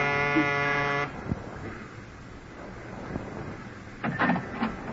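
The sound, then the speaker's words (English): A harsh, steady electric door buzzer of a ground-floor apartment in a narrow gray row house is pushed and sounds for about a second with a rich, rasping tone, then cuts off, leaving faint background hiss with a few soft knocks and rustles. “I smelled domestic trouble, but I pushed the buzzer anyway.”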